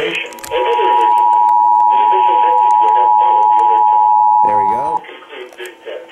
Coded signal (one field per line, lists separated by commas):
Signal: Emergency Alert System (SAME) tones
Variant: 853 and 960 Hz attention tone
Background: speech